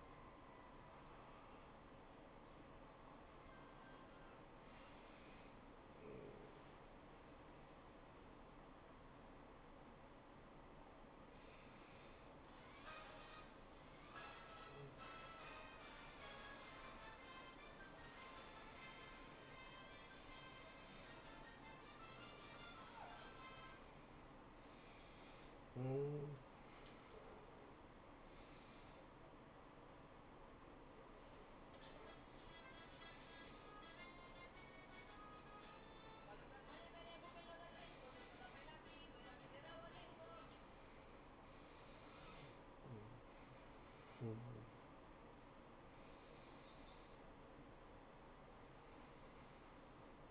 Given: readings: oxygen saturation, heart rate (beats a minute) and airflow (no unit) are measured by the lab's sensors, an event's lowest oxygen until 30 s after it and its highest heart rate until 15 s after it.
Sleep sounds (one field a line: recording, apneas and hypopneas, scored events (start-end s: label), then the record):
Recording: a person awake in a sleep study, by a voice recorder at the bedside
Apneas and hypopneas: none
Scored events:
0.00-50.31 s: awake
From the record:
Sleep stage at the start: awake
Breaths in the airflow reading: 18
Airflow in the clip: -0.8 to 0.7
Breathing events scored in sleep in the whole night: 403 in 5.5 hours asleep